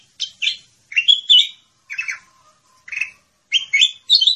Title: Suara Burung Kutilang